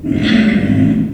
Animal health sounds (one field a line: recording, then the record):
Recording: squeal of a Yucatan mini pig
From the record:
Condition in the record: after surgery on the right vocal fold (resection and tissue-engineered implant)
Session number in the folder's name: 3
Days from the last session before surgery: 21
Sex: female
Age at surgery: 19 weeks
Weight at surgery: 25 kg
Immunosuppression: prednisolone